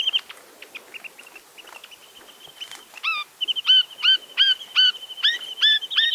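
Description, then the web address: Chinese nuthatch uttering repeated short upslurred notes, about three per second, over a faint continuous high tone, after scattered softer chips. "Chinese nuthatch. صدای-پرنده-کمرکولی-چینی"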